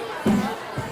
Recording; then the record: coughing mixed with background sound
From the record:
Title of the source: Mid-morning Winter Coughing Fit